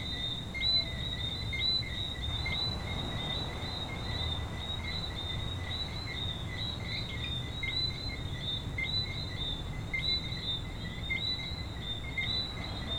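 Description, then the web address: Coqui frogs calling, many brief high tonal chirps with a lower second note, above constant low noise. Frogs at a beach in Venezuela. "venezuela frogs Coqui playa"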